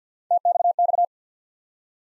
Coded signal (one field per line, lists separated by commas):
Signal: Morse code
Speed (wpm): 50 wpm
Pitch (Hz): 700 Hz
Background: none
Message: TXX